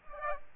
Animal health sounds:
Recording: mosquito wingbeat signal from an infrared sensor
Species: Aedes aegypti

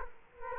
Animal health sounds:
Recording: mosquito wingbeat signal from an infrared sensor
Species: Culex quinquefasciatus

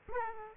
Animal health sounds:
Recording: mosquito wingbeat signal from an infrared sensor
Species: Aedes aegypti

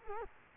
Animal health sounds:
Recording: mosquito wingbeat signal from an infrared sensor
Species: Culex quinquefasciatus

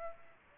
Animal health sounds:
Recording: mosquito wingbeat signal from an infrared sensor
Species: Aedes aegypti

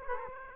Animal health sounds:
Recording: mosquito wingbeat signal from an infrared sensor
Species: Aedes aegypti

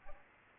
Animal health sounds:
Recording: mosquito wingbeat signal from an infrared sensor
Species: Aedes albopictus

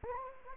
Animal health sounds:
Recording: mosquito wingbeat signal from an infrared sensor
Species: Anopheles gambiae

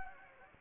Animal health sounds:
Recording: mosquito wingbeat signal from an infrared sensor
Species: Anopheles gambiae

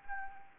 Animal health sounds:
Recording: mosquito wingbeat signal from an infrared sensor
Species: Anopheles arabiensis

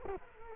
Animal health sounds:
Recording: mosquito wingbeat signal from an infrared sensor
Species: Culex quinquefasciatus

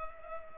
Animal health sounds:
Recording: mosquito wingbeat signal from an infrared sensor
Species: Culex pipiens

